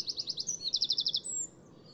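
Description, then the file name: Eurasian wren song: a fast, very high trill of evenly spaced notes ending in a thin drawn-out whistle, with a faint low hum behind. "Troglodytes troglodytes"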